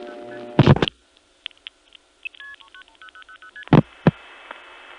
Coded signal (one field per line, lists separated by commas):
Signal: multi-frequency trunk signalling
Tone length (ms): 80 ms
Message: 390000ST